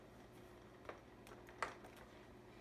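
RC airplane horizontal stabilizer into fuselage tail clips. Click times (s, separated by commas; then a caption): 1.6 s. A foam horizontal stabilizer is pushed into the tail of an E-Flite EC-1500 Twin 1.5m RC airplane until the small plastic retainer clips underneath catch. Faint ticks at about 0.9, 1.3 and 1.5 seconds lead up to a sharp, louder snap at 1.6 seconds, over a steady low hum. The stabilizer is seated in the clips with no tools or fasteners.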